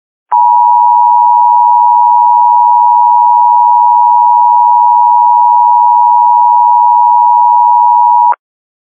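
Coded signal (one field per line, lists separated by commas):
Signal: Emergency Alert System (SAME) tones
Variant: 853 and 960 Hz attention tone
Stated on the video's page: Fictional weather scenario alert, simulated rather than a real broadcast.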